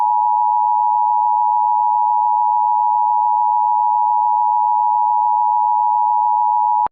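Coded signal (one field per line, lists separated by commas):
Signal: Emergency Alert System (SAME) tones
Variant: 853 and 960 Hz attention tone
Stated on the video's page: Recreation of the 2016 National Periodic Test, made with a Gorman-Redlich CG-1 EAS screen.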